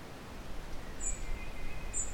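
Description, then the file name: European robin calls: two brief, thin, very high notes about a second apart, over steady low rumbling background noise. "Erithacus rubecula"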